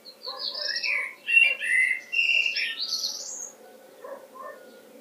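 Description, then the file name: Common blackbird giving a rapid cluster of squeaky, warbling notes that rise toward the end, followed by a few softer chirps. "Turdus merula"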